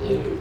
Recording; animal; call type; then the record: contact call of a hoofed animal; pig; closed-mouth grunt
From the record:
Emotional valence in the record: positive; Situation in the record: food and toys in familiar pen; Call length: 0.41 s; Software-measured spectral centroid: 1380 Hz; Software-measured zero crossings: 960 a second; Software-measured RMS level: -24 dBFS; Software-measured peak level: -12 dBFS